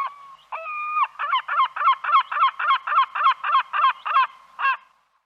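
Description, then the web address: Bird call: a drawn-out nasal, harmonic note, then a rapid, even series of about thirteen honking notes at roughly four per second, ending with one separate note. Recorded in Arizona. "az brid sounds"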